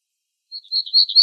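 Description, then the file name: Black-throated gray warbler song: a quick run of high, buzzy notes alternating slightly in pitch and growing louder toward the end, after a short silence. Recorded in Arizona, 17 April 2004. "BTYW 6 deviche"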